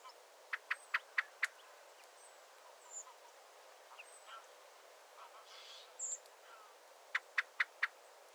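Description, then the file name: Common blackbird uttering two rapid series of hard, clicking chink notes, five near the start and four near the end, with faint high whistles between. "Turdus merula"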